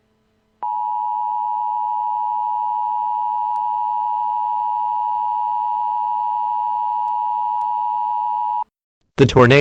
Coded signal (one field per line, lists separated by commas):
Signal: Emergency Alert System (SAME) tones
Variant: 853 and 960 Hz attention tone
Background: speech